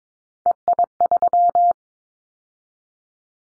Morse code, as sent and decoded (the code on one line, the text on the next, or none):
. .. ...--
EI3